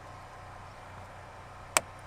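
A plastic irrigation fitting is pushed onto drip tubing in a hard-to-reach spot behind a garden panel, with a low steady hum underneath. A single sharp snap at 1.8 seconds shows the fitting has seated.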